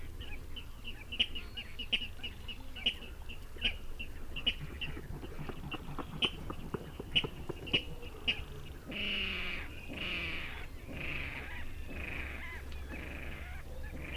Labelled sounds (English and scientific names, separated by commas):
Water Rail (Rallus aquaticus)